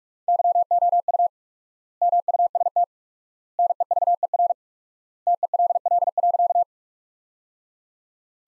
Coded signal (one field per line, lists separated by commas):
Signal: Morse code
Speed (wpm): 46 wpm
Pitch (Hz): 700 Hz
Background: none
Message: YOU MUST NEVER TELL.